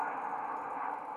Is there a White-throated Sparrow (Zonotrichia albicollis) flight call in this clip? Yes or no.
no